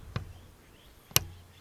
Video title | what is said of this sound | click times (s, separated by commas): Avoid this Common Category 4 Mistake | And it has this very satisfying click once you know you've reached the set torque. | 1.2 s